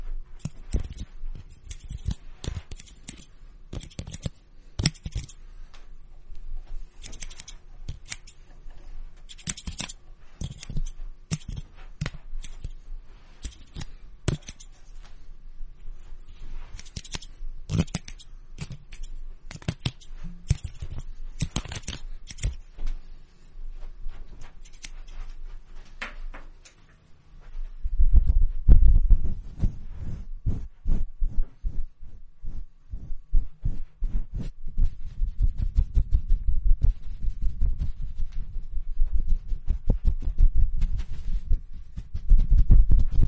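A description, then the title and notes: Scissors snip rapidly and irregularly with comb scrapes; after about 27 seconds the cuts turn heavier and lower, with thumping handling sounds. Scissors and combs simulate hair cutting, 360-degree immersive experience.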